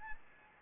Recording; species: mosquito wingbeat signal from an infrared sensor; Aedes albopictus